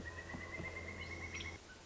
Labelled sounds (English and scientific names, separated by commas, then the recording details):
Pileated Woodpecker (Dryocopus pileatus)
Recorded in Sonoma County, California